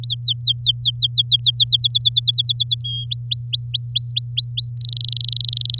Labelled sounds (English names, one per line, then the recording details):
Domestic Canary song
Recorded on 10 May 2018 at 05:47
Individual llb16